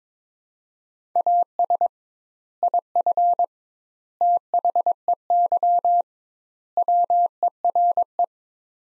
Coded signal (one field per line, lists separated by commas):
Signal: Morse code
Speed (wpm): 22 wpm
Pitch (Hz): 700 Hz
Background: none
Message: AS IF THEY WERE